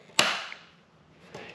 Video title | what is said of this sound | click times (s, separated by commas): Stebbins Garage Gauge Pod Install for 78-88 G-body | all you want to do is just press that in and then slide the bottom in until you hear a click | 0.2 s